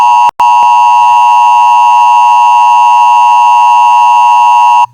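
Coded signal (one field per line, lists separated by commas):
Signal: Emergency Alert System (SAME) tones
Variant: 853 and 960 Hz attention tone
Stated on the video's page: Fictional mini scenario made with EAS tones.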